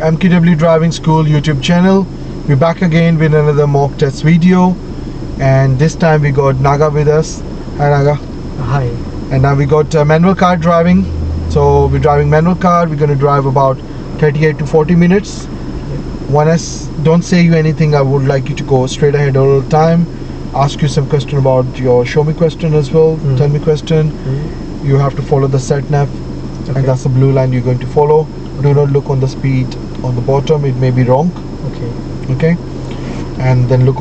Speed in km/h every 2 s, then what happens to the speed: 0, 0, 0, 0, 0, 0, 0, 0, 0, 0, 0, 0, 0, 0, 0, 0, 0.
0-34 standing.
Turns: none.